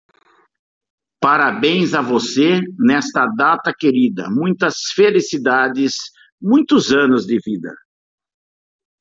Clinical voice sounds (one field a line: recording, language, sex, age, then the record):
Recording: short text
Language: Brazilian Portuguese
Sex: male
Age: 60 to 69 years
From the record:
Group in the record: control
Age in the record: 63 years